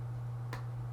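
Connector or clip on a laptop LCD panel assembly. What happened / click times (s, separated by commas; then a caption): A small plastic clip snapped into place / 0.5 s. A connector or clip on the new LCD panel assembly of a Dell Inspiron 3505 laptop is pressed back into place during a dry fit after replacing the broken LCD and lid. A single sharp click at 0.5 s stands out over a steady low hum. The display connector is confirmed to have snapped in place.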